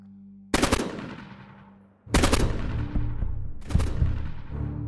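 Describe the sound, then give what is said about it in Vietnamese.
Rapid AK rifle fire in a forest comes in three loud, sharp bursts, each followed by a long rumbling echo that fades slowly before the next volley. No voices are heard. “Tiếng súng AK nổ một tràng dài rền cả khu rừng, chim chóc giật mình tung cánh bay nháo nhác.”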